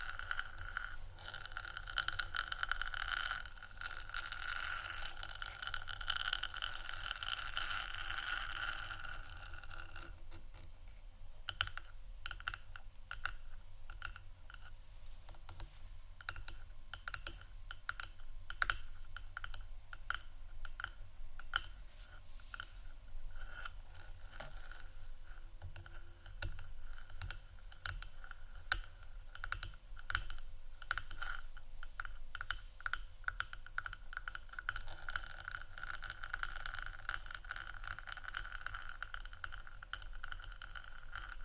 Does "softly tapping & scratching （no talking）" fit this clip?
yes